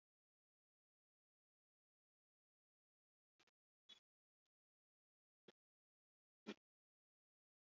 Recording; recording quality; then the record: shallow breathing; excellent, no background noise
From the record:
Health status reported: healthy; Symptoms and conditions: diabetes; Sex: male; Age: 49 years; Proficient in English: yes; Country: India